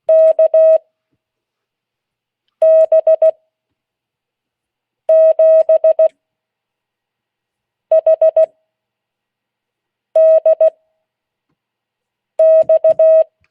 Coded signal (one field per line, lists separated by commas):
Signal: Morse code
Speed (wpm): 16 wpm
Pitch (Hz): 640 Hz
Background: none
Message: KB7HDX